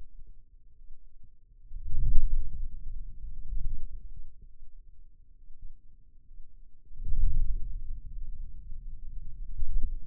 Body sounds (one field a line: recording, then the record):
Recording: forearm muscle sounds (acoustic myography)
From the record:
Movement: wrist flexion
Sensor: system 2, bracelet of six BSWA MPA416 microphones around the upper forearm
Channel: 6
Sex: male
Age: 22 years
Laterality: right